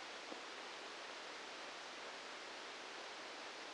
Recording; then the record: brain microelectrode recording played as sound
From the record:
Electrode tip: outside the subthalamic nucleus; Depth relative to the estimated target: -8 mm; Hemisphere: right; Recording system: NeuroSet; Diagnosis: Parkinson's disease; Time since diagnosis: 13 years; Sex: male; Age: 63 years